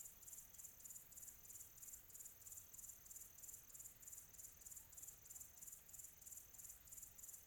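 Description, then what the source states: Cricket chirping, a high, bright pulse at a steady rate near three per second, over quiet background noise. Quiet tropical atmosphere.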